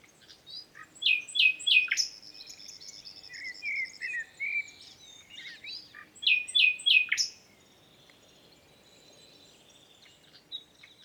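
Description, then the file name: Common nightingale song: bursts of sharp, rising chirps and twittering phrases, a short pause, then more loud repeated notes before quiet falls. "Luscinia megarhynchos"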